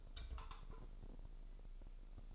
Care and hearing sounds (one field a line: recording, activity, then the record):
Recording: daily activity, microphone in the room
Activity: take from stove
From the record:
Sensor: 5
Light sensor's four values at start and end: 34/83/34/35 and 34/82/34/35